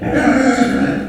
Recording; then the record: squeal of a Yucatan mini pig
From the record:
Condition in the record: after surgery on the right vocal fold (resection and tissue-engineered implant); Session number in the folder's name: 3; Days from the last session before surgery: 21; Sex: female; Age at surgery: 19 weeks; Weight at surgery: 25 kg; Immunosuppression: prednisolone